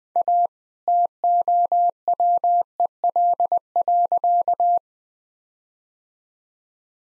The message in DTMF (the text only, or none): none